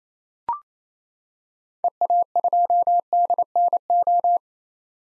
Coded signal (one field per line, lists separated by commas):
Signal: Morse code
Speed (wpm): 27 wpm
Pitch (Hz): 700 Hz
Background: none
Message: EA2DNO